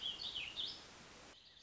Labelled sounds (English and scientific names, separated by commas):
Warbling Vireo (Vireo gilvus)